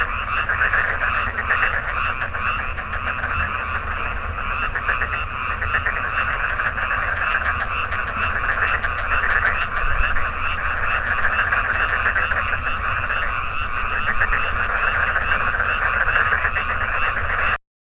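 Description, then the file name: Tokyo daruma pond frog chorus, a dense, steady mass of rapid pulsed croaks running without pause throughout, with a low hum underneath. Subspecies porosa. "Rana porosa porosa"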